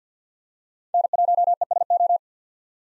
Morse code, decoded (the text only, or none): N1ESO